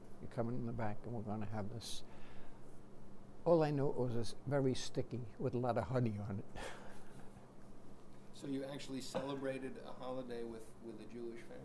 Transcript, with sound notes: You're coming in the back and we're going to have this" — all I knew, it was a — very sticky with a lot of honey on it. [chuckles]
So you actually celebrated a holiday with — with a Jewish family.